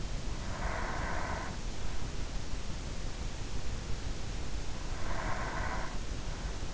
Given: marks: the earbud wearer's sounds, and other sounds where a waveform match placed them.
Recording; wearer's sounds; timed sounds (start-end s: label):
sounds in sleep by an in-ear microphone; breath
0.12-2.13 s: breath
4.85-6.74 s: breath